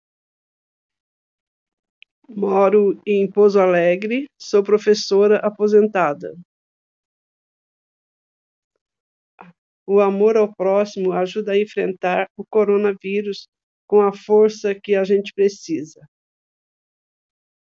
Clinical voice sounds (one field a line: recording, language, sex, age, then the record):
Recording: spoken sentence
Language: Brazilian Portuguese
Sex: female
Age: 60 to 69 years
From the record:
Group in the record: control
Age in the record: 63 years